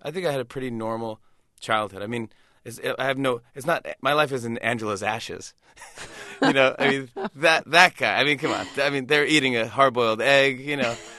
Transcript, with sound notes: I think I had a pretty normal childhood. I mean I have no, it's not, my life isn't "Angela's Ashes."
(SOUNDBITE OF LAUGHTER)
You know, that guy. I mean come on, they're eating a hard-boiled egg, you know,